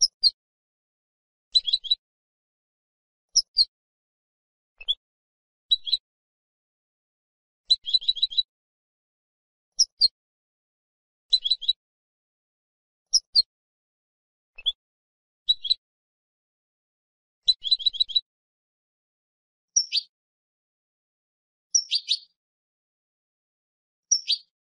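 A goldfinch calls in short, bright bursts of twittering notes, each lasting about half a second and coming every one to two seconds. The phrases are high and thin, with fast trills and a few sliding notes. The background is otherwise silent.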